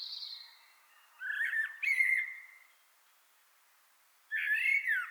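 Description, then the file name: Common blackbird singing: a brief high whistle, then two melodious fluted phrases with squeaky high notes, separated by a quiet gap. "Turdus merula"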